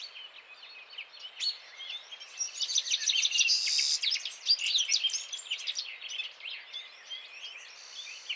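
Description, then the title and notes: Citril finch chorus building after a quiet start, with buzzy trills and rapid twitters peaking in the middle, then easing into scattered chirps. Males singing in a gathered flock before females at end of winter, 17 March 2017, Vallon de Combeau, Drôme, France, mountains; recorded with Nagra Seven and Telinga P7. "Printemps de Venturon. Vallon de Combeau - Drôme"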